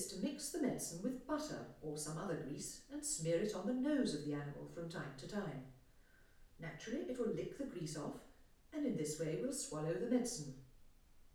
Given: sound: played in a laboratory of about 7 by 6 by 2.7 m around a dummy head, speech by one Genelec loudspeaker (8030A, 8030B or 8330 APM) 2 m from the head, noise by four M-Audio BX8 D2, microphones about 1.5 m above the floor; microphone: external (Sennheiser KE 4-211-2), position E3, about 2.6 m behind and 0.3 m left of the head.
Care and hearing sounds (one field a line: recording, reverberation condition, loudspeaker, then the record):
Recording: female speech in English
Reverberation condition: medium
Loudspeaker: 30 degrees to the right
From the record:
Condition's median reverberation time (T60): about 510 ms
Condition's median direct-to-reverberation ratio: about -0.5 dB